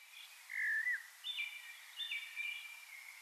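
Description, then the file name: Eurasian blackbird song, faint: a short mellow slurred whistle, then two softer warbled phrases with high squeaky overtones. "Turdus merula"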